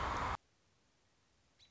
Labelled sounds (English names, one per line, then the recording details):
American Robin
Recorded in Sonoma County, California